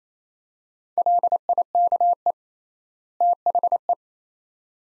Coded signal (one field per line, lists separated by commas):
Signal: Morse code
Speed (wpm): 28 wpm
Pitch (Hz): 700 Hz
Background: none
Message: LIKE THE